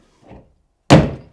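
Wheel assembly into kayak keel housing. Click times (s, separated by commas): 0.9 s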